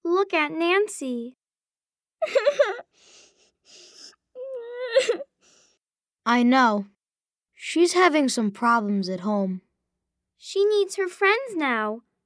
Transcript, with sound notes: Look at Nancy. (sobbing) I know. She’s having some problems at home. She needs her friends now.